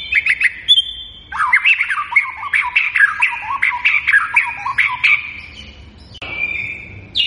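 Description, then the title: White-rumped shama song: a rich, varied run of loud whistles and chattering notes, with a sustained whistle early and a rising flourish at the end. Lure recording of an actively singing (gacor) bird, meant to make listening birds respond at once. "PANCINGAN MURAI BATU GACOR"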